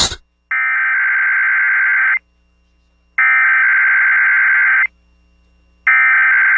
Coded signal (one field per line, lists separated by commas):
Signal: Emergency Alert System (SAME) tones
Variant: header bursts